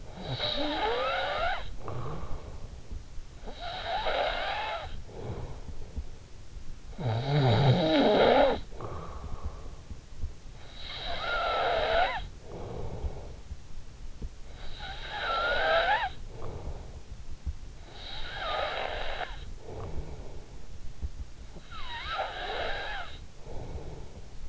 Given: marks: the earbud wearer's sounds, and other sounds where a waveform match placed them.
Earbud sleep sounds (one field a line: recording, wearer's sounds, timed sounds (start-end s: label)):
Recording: sounds in sleep by an in-ear microphone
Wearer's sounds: snoring breath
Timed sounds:
0.00-24.49 s: snoring breath